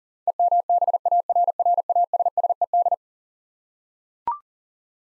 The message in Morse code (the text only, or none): EMBARRASSED